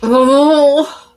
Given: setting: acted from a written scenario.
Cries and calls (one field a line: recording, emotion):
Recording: vocal sound without words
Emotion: embarrassment